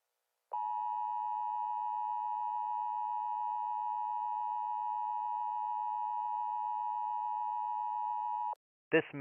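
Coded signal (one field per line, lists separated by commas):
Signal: Emergency Alert System (SAME) tones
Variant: 853 and 960 Hz attention tone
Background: speech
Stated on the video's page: Fictional EAS scenario about a dying star.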